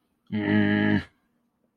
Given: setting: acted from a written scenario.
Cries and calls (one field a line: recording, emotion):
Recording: vocal sound without words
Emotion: contempt